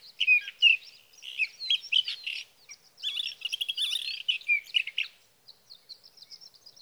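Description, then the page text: Sage thrasher song: a long, continuous run of rapid, varied warbled phrases that trails off into softer, high twittering at the end. Male singing at night near his night roost, three nights from June 12 to June 15, 2018, Sierra Valley, California; captured on a Swift recorder. "61. Sage thrasher songs, through the night."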